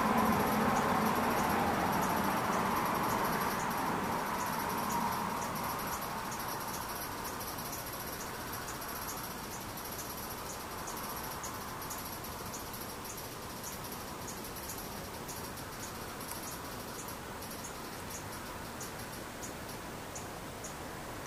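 Cicadas drone steadily, a thin high buzz with fast regular pulsing running through the whole recording. A louder rushing noise fills the first several seconds, then eases off by about seven seconds, leaving the insects over a quieter, even hiss.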